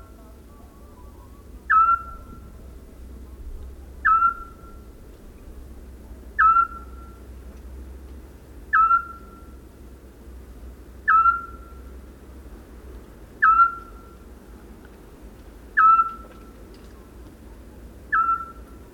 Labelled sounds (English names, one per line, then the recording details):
Eurasian Scops Owl call
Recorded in the wild
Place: Dumbraveni, Transilvania, RO
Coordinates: 46.23, 24.575
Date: 1973-04-30
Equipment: Nagra III BH, Sennheiser MD 21, parabola
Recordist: Schubert, Michael
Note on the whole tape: Zwergohreule mit anfangs höherer Stimmlage